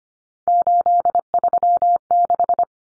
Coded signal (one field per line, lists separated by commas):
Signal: Morse code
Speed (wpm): 25 wpm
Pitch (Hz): 700 Hz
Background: none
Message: 836